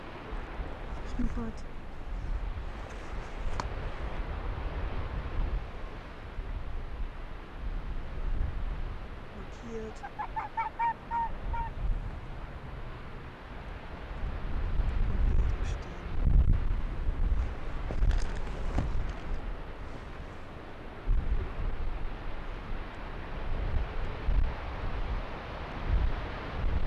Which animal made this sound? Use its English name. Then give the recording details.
Arctic Fox. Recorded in the wild. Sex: male. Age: adult. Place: Insel Mednyi, Kommandeur-Inseln, RU. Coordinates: 54.5167, 168.083. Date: 1999-07-20 19:15. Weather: 10°C, heiter, starker Nordwind. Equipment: Sony WM-D6C, Sennheiser ME 80, K 30 AV, Windkorb, Kopie Tascam DA 30. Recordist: Jakupi, Antje